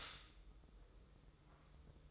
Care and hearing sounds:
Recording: daily activity, microphone in the room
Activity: stop toaster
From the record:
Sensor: 3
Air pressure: 995.3 hPa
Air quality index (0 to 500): 74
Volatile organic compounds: 5 ppm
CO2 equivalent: 1716 ppm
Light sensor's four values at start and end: 18/54/23/20 and 18/54/23/20

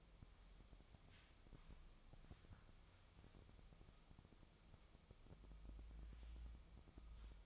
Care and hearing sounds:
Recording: daily activity, microphone in the room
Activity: wipe stove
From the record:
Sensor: 1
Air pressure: 1004.9 hPa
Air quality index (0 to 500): 73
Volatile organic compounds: 1 ppm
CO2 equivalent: 968 ppm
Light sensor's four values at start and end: 9/23/9/10 and 9/23/9/10

